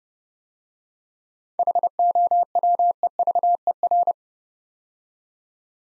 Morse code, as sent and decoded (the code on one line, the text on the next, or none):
.... --- .-- . ...- . .-.
HOWEVER